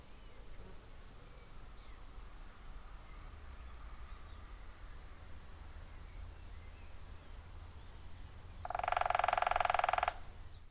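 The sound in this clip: Woodpecker drumming: after a long quiet stretch with low rumble, one fast, machine-gun roll of taps near the end.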